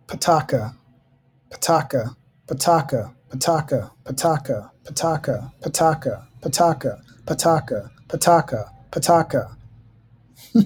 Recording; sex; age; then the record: repeated syllables /pa ta ka/; male; 40 to 49 years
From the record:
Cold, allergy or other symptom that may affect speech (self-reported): no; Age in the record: 42 years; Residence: Georgia, United States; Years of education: 16